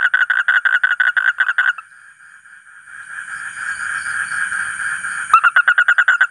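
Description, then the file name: Asian common toad giving a fast series of buzzy pulses, interrupted by a fainter drawn-out tone, then the rapid pulsing starts again. "suara kodok bangkong kolong kodok buduk"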